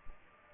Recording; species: mosquito wingbeat signal from an infrared sensor; Aedes aegypti